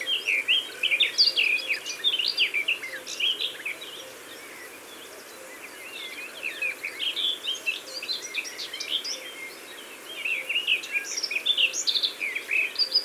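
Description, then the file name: Garden warbler song, long flowing bursts of rapid, mellow warbling with brief pauses. "Fauvette des jardins ABC des chants doiseaux"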